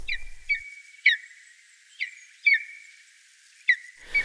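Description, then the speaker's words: Lesser spotted eagle giving several short, high-pitched yelping calls, each a sharp note trailing into a level whine, repeated at irregular intervals. Short, high-pitched everyday call. "Na co dzień orlik posługuje się krótkim, piskliwym głosem. Tak jak w nagraniu Jarosława Matusiaka"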